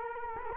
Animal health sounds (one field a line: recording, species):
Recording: mosquito wingbeat signal from an infrared sensor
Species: Culex quinquefasciatus